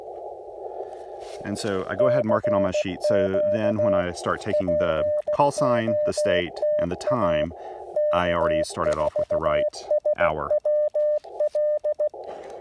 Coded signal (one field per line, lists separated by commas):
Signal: Morse code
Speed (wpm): 16 wpm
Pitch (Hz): 590 Hz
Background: speech, radio noise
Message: CQ POTA K4SWL